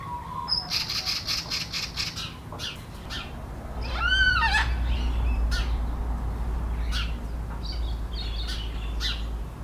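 Black cockatoo calls: a run of rapid harsh pulses, then a loud arched wailing note and scattered squawks, with a low hum in the later part.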